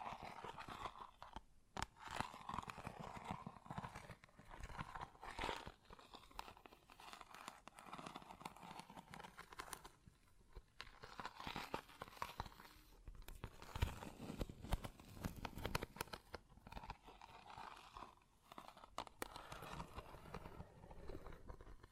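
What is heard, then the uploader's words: Close-up metallic sounds clatter and scrape without pause for the whole 22 seconds, a dense run of irregular clicks, taps and rattles. A ringing midrange tone runs through much of it, with sharper, louder knocks near 2, 5 and 14 seconds. ASMR Close Up Metallic Sounds (No Talking).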